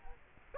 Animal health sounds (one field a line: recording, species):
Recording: mosquito wingbeat signal from an infrared sensor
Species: Culex quinquefasciatus